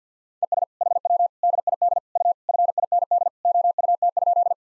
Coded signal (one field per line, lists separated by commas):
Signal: Morse code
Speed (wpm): 50 wpm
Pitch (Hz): 700 Hz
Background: none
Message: ES HW DID U FIND OUT?